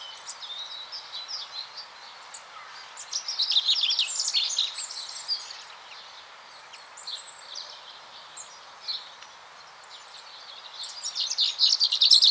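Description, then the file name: Common chaffinch song: a burst of song a few seconds in and another at the end, with faint scattered chirps between. "Fringilla coelebs"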